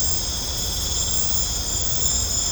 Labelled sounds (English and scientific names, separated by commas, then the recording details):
none
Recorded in pastures near Puerto Asís, Putumayo, Colombia, on 18 December 2024 at 22:00
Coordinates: 0.502, -76.324
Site G077